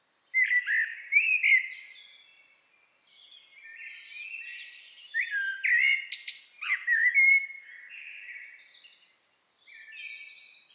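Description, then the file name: Common blackbird song: mellow fluted warbles followed by high squeaky twitters, in two bursts with a quieter phrase at the end. "Turdus merula"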